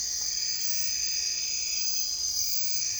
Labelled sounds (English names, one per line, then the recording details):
none
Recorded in dense forest near Puerto Asís, Putumayo, Colombia, on 22 June 2025 at 01:00
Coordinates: 0.468, -76.322
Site GP03